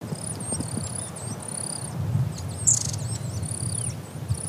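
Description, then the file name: Long-tailed tit calls: a steady stream of very high, thin wavering notes with one louder sharp note midway, over a low rumbling background. "enaga"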